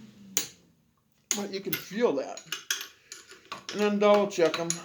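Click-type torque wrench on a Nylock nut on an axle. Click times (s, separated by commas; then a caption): 0.4 s. A click-type torque wrench tightens a Nylock nut on an axle, and a single sharp click sounds at 0.4 s. After a short pause, someone talks over faint clinks of metal. The nut reaches torque.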